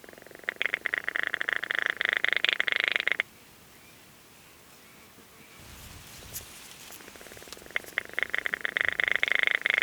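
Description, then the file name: Baillon's crake song: a dry, rapid, frog-like rattle for about three seconds, a quiet gap, then the rattle starting again near the end. "kleinst waterhoen zang"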